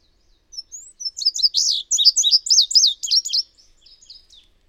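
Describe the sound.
Bird song: a rapid, high twittering phrase of sharp chirps and short slurred notes lasting about three seconds, fading into a few softer notes.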